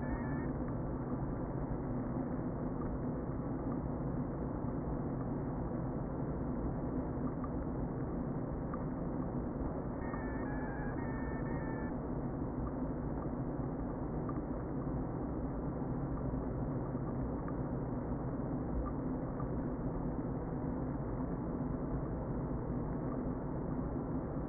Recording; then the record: honeybee colony, microphone inside the hive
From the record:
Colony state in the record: queen present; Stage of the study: before two queens were removed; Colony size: about 60,000 bees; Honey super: yes